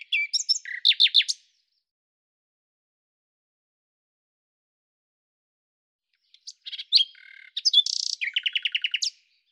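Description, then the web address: Common nightingale song phrases: quick repeated chirping notes, a pause of several seconds, then a varied phrase ending in a rapid trill of repeated notes. "Deverinetal 2025"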